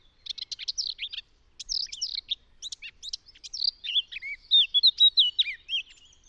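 Eurasian Blackcap song with quick, scratchy chirps at first, then a louder run of clear, mellow whistled notes sliding up and down.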